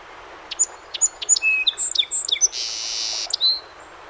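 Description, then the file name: Song sparrow song: three sharp introductory notes, a clear whistled note, a quick run of varied chirps, then a dry buzzy trill and a final high note. Recorded 7 June 2018; 21 songs. "2018-06-07 SOSP 21 Songs"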